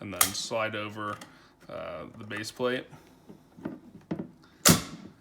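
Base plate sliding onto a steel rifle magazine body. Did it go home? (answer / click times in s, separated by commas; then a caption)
yes / 4.7 s. Someone talks while a steel base plate is slid over the bottom of a Bulgarian AK-47 7.62x39mm 30-round steel rifle magazine body, with the follower spring held compressed. A few faint scrapes follow, then a sharp snap at 4.7 s as the plate locks into place and the retaining tab pops out, leaving the base plate seated.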